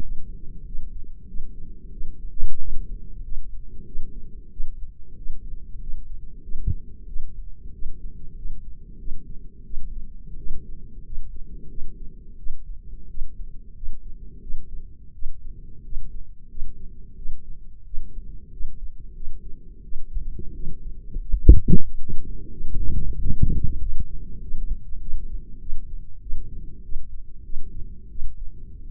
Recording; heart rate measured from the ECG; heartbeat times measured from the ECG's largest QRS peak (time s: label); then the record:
heart sounds by microphone in the left ear; 92 bpm
0.03 s: heartbeat
0.66 s: heartbeat
1.28 s: heartbeat
1.93 s: heartbeat
2.60 s: heartbeat
3.24 s: heartbeat
3.86 s: heartbeat
4.52 s: heartbeat
5.17 s: heartbeat
5.81 s: heartbeat
6.43 s: heartbeat
7.08 s: heartbeat
7.74 s: heartbeat
8.37 s: heartbeat
8.99 s: heartbeat
9.65 s: heartbeat
10.38 s: heartbeat
11.04 s: heartbeat
11.69 s: heartbeat
12.38 s: heartbeat
13.09 s: heartbeat
13.75 s: heartbeat
14.42 s: heartbeat
15.14 s: heartbeat
15.84 s: heartbeat
16.49 s: heartbeat
17.17 s: heartbeat
17.85 s: heartbeat
18.51 s: heartbeat
19.15 s: heartbeat
19.83 s: heartbeat
20.54 s: heartbeat
21.19 s: heartbeat
21.84 s: heartbeat
22.51 s: heartbeat
23.17 s: heartbeat
23.80 s: heartbeat
24.41 s: heartbeat
25.00 s: heartbeat
25.60 s: heartbeat
26.21 s: heartbeat
26.83 s: heartbeat
27.44 s: heartbeat
28.10 s: heartbeat
28.82 s: heartbeat
From the record:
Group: healthy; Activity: rest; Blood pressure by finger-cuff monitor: 145/74 mmHg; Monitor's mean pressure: 97 mmHg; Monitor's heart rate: 93 bpm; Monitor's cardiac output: 8.7 L/min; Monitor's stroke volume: 94 mL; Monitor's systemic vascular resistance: 810 dyn s/cm5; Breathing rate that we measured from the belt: 24 breaths a minute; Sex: female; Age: 22 years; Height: 154 cm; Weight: 58.7 kg